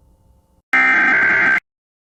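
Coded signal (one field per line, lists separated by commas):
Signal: Emergency Alert System (SAME) tones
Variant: header bursts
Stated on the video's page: Mock recreation of an EAS hurricane warning.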